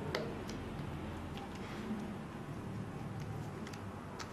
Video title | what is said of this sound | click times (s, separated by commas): How to remove and replace your iPhone screen | There we go, we got one clipped in, so they're all clipped in. | 0.2 s